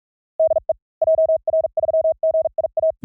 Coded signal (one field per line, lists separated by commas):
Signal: Morse code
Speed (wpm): 46 wpm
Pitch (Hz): 640 Hz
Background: none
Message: DE JR3GIA